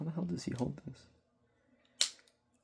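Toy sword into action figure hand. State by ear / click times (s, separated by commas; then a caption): seated / 2.0 s. Someone talks, then a plastic sword hilt is slid into the plastic hand of a Transformers Studio Series 86 Megatron action figure and snaps into place with one sharp click at 2.0 s, followed by faint ticks. The sword is seated in the hand, and the fingers are then wrapped around it.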